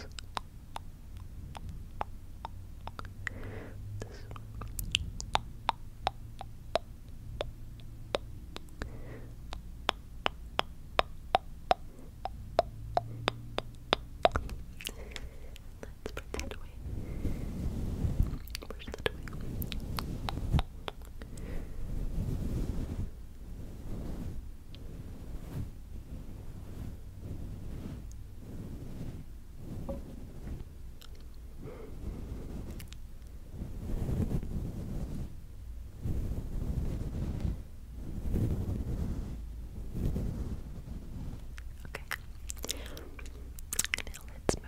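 Close, wet mouth sounds and tongue clicks. Rapid sharp clicks run thickly through the first fifteen seconds. After that the sound turns softer, with brushing strokes and low, breathy swells that come and go until the end.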